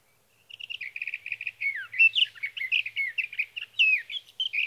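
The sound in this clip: Sage thrasher song: a long, run-on warble of rapid buzzy and whistled phrases, starting with quick repeated notes and continuing for about four seconds against a quiet background.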